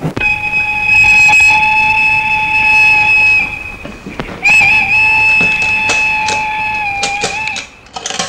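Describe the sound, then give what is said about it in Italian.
At the Falck steelworks, where steel is made, a train sounds two long, steady high-pitched horn blasts over a low industrial rumble, with sharp metallic clanks and knocks breaking in between and after the blasts. “Mi ha detto che fa l'acciaio e che dove lavora lui ci passano i treni.”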